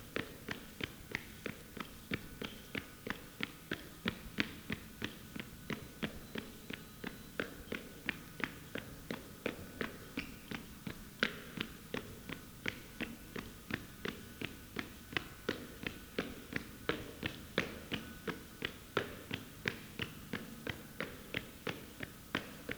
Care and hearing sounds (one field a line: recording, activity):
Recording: daily activity, guitar pickup as the sensor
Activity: run